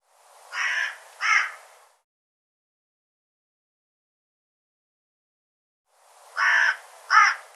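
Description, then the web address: Bird giving two harsh calls, then several seconds of silence, then two more calls. "cianscape birddata Deverinetal 2025 File cleaned normalized Bird"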